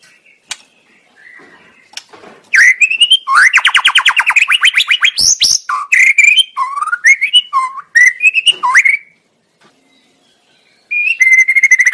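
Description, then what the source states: White-rumped shama song: soft whistles, then a burst of fast repeated rattling notes, rising and falling slurred whistles, a pause and a sustained high whistle. Masteran training recording of murai batu song used to tutor cage birds, labelled labaik.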